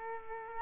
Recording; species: mosquito wingbeat signal from an infrared sensor; Culex quinquefasciatus